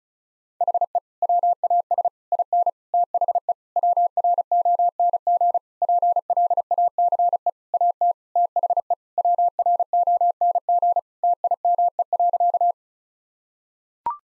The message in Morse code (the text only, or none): HE WAS IN THE WRONG PLACE AT THE WRONG TIME.